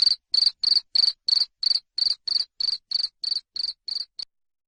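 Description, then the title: Cricket producing a regular series of shrill, trilled chirps that fade slightly before stopping near the end. Loud cricket chirping played to make lovebirds sing continuously. "Suara JANGKRIK NGERIK Keras Bikin LOVEBIRD Jadi NGEKEK Terus Vubey"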